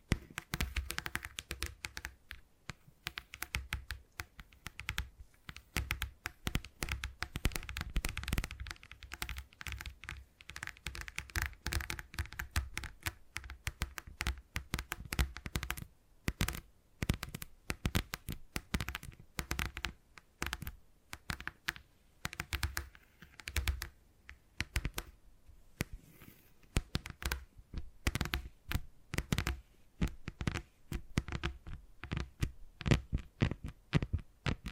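Tapping sounds run through the whole clip, dense clusters of quick, sharp taps much like fingers on a keyboard. The pace shifts constantly, with brief pauses near 16 and 23 seconds before the rapid, uneven patter resumes.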